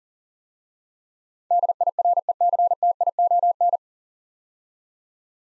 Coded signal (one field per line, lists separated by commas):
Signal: Morse code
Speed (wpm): 40 wpm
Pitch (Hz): 700 Hz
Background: none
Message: DIRECTION